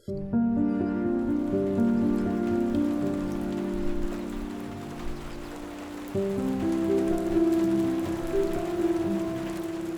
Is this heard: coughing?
no